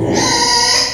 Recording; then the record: squeal of a Yucatan mini pig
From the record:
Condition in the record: before surgery on the right vocal fold (resection and tissue-engineered implant); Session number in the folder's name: 2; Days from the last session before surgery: 0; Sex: male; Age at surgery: 12 weeks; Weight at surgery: 13 kg